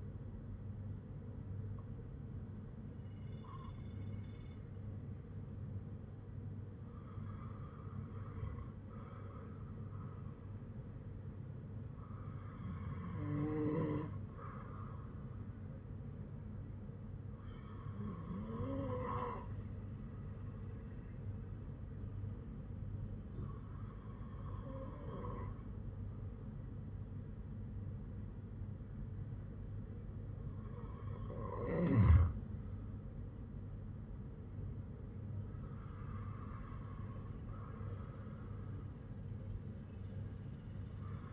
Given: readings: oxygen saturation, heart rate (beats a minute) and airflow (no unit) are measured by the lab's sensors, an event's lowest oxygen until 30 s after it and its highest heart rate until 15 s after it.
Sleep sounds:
breathing in sleep by a smartphone at the bedside; 1
18.00-33.80 s: hypopnea (N2, oxygen 97% highest, then 94% lowest, heart rate 54 at the start, 59 highest)
From the record:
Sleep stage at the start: N2 (light sleep); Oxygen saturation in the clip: 94 to 97%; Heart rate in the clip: 53 to 59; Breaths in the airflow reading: 6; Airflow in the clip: -8.1 to 6.6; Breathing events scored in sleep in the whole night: 182 in 7.4 hours asleep

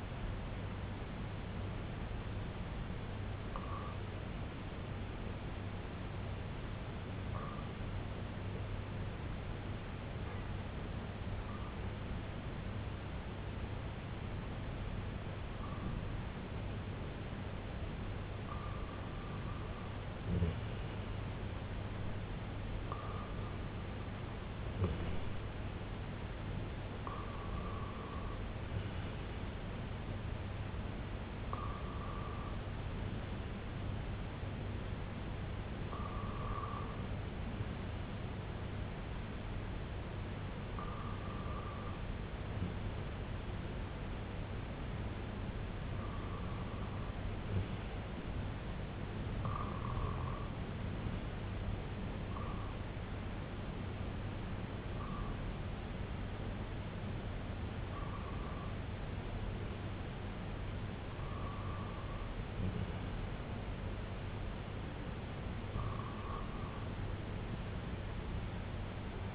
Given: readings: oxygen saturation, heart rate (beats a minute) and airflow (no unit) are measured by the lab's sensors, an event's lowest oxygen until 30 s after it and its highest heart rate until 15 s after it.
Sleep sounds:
breathing in sleep by a voice recorder at the bedside; 1
6.00-25.50 s: hypopnea (REM, oxygen 98% highest, then 95% lowest, heart rate 65 at the start, 71 highest)
From the record:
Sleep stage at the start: REM sleep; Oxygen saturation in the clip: 95 to 98%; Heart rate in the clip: 59 to 71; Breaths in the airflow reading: 17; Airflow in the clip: -7.7 to 4.6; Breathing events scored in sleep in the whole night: 258 in 7.4 hours asleep

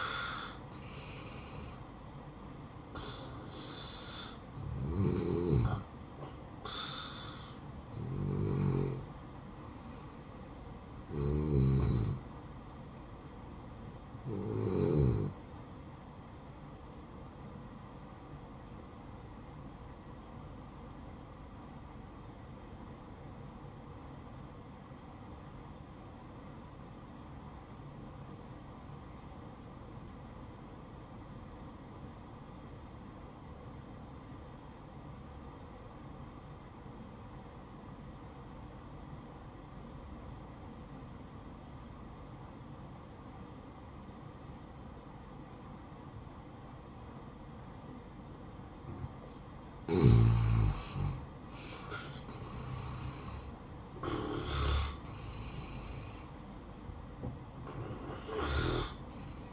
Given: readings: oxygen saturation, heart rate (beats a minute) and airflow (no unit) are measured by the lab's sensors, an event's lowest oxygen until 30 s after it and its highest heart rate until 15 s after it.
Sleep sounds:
breathing in sleep by a smartphone at the bedside; 1
20.00-50.90 s: obstructive apnea (N1, oxygen 96% highest, then 84% lowest, heart rate 64 at the start, 73 highest)
From the record:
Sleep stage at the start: N1 (lightest sleep); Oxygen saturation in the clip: 85 to 96%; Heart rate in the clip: 62 to 73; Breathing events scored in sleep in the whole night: 573 in 9.8 hours asleep

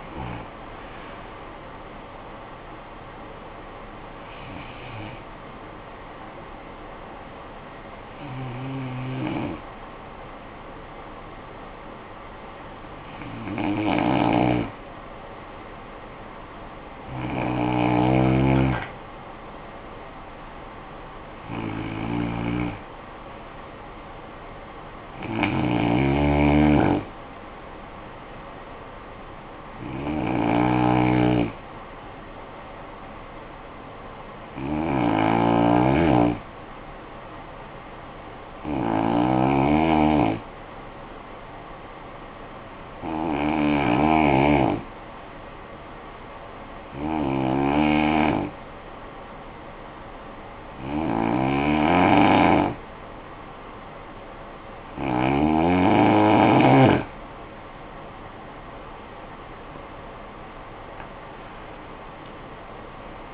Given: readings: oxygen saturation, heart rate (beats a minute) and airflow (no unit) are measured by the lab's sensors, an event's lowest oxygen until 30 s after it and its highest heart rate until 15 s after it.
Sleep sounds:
breathing in sleep by a voice recorder at the bedside; 2
4.00-17.90 s: hypopnea (N2, oxygen 95% highest, then 92% lowest, heart rate 61 at the start, 62 highest)
35.00-55.70 s: hypopnea (N2, oxygen 93% highest, then 89% lowest, heart rate 55 at the start, 80 highest)
49.00-63.34 s: new sleep stage, N1 (lightest sleep)
From the record:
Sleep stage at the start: N2 (light sleep); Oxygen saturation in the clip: 89 to 95%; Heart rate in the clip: 53 to 78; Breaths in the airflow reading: 15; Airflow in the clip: -16.1 to 12.8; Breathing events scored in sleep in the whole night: 445 in 7.6 hours asleep

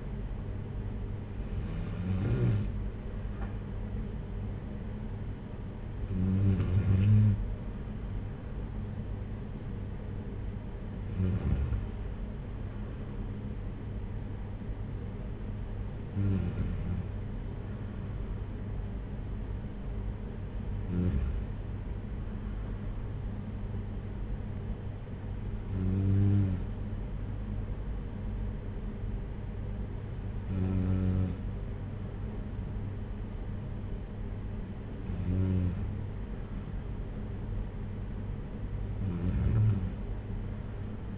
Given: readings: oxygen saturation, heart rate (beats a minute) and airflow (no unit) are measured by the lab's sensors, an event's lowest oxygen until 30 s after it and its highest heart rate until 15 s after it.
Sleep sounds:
breathing in sleep by a smartphone at the bedside; none
4.00-34.00 s: new sleep stage, N1 (lightest sleep)
34.00-41.18 s: new sleep stage, N2 (light sleep)
From the record:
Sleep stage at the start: N2 (light sleep); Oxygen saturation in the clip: 93 to 95%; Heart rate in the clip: 52 to 69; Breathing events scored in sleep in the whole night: 226 in 8.8 hours asleep

